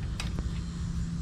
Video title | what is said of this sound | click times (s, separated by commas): Quictent 12X6.6X6.6 Greenhouse #quictent #greenhouse #gardening #gardeningtips #plants #grow | These just connect together, snap in place | 0.2 s